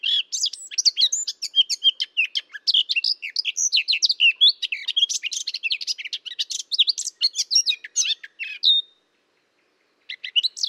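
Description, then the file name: Eurasian blackcap song: a long, rapid warble of scratchy and whistled notes running for about nine seconds, a short silence, then the warbling starts again. "Sylvia atricapilla"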